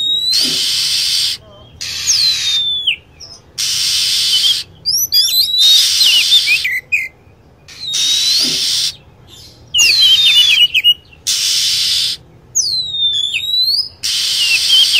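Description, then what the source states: Lovebird calls: shrill descending whistles and sharp chirps alternating with long bursts of harsh, hissing screech. Lure recording used to attract lovebirds.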